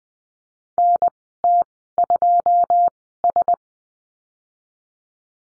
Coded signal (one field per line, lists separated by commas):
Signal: Morse code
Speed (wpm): 19 wpm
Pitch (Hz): 700 Hz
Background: none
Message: NT2S